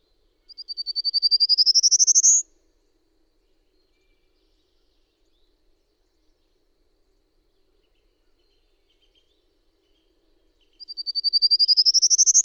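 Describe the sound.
Bird song: two high, buzzy pulsed trills, each about two seconds long and rising in pitch, separated by about eight seconds of silence.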